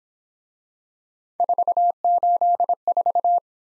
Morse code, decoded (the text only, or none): 484